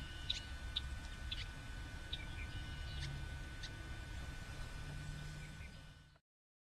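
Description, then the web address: Birds calling, short high chirps scattered irregularly over a few seconds above a steady low hum and rumbling background noise, the sound ending abruptly. Many birds calling on the morning of 23 March 2006. "bexar Many Birds"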